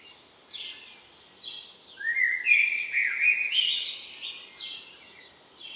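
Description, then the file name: Common blackbird song: short high twittering bursts, broken by a longer, louder, rolling phrase in the middle. "Turdus merula"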